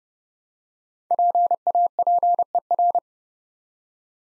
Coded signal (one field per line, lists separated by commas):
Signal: Morse code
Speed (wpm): 30 wpm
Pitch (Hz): 700 Hz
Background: none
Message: PAPER